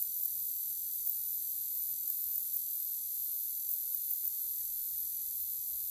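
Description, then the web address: Straight-lanced meadow katydid producing an unbroken, very high, hiss-like buzz, steady in loudness from start to finish. North America. "Songs of Insects. Straight-lanced Meadow Katydid"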